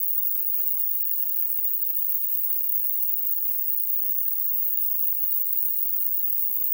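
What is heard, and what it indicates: Steady, unchanging hiss with no tone or rhythm: a simulated noise-like tinnitus sound.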